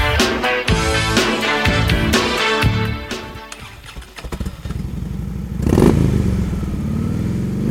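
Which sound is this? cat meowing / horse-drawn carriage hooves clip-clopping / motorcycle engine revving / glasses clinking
motorcycle engine revving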